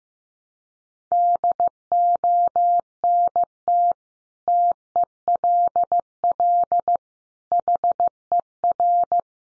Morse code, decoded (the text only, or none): DONT TELL HER